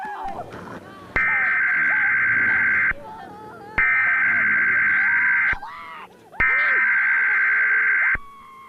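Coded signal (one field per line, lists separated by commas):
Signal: Emergency Alert System (SAME) tones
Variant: header bursts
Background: speech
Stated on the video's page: Tsunami Warning EAS alert during a cartoon rerun.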